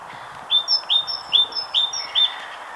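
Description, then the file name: Great tit giving a short run of clear two-part whistled phrases, about five in quick even rhythm, over a soft background hum. "Parus major"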